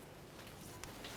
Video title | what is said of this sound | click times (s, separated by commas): How to Replace Fuel Pump Module Assembly 2004-2015 Nissan Titan | take that slide it into position once again listening for a click and then give it a tug | 0.8 s